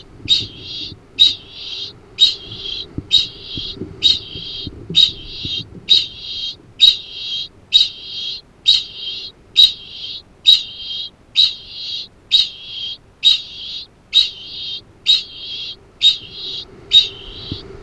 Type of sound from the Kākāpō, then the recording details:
ching call. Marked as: faintness 2/5. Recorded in New Zealand. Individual Arab